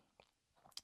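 A QSP Jumping Jack slip joint pocket knife (QS167-D) with Desert Ironwood scales has its blade pushed against the backspring, which takes a lot of pressure to close. After a faint tick at about 0.2 s and soft rattles around 0.6–0.7 s, the blade snaps shut into the handle with a sharp, loud snap at 0.8 s, fully closed.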